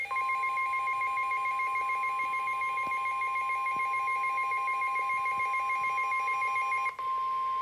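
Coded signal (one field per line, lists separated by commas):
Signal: Emergency Alert System (SAME) tones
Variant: 1050 Hz attention tone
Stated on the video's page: Special marine warning received on a WR-300 NOAA Weather Radio.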